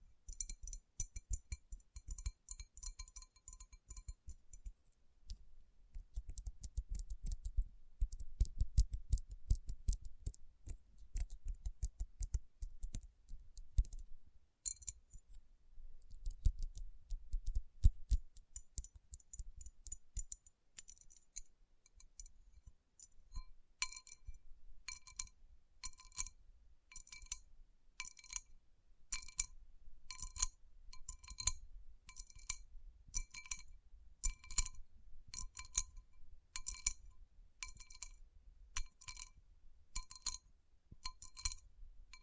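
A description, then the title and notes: Fingertips tap and rub across rhinestone-covered palms, giving bright glassy clinks and ticks. The first twenty seconds mix soft low rubbing thumps with scattered clicks; after about 23 seconds the tapping turns into a steady, fast, regular run of crisp clinking taps to the end. Tapping & Rubbing Rhinestone Covered Palms.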